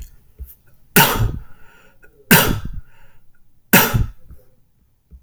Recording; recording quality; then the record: shallow voluntary cough; excellent, no background noise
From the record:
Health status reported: healthy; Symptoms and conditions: none ticked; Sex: male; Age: 25 years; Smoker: not ticked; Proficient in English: yes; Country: United States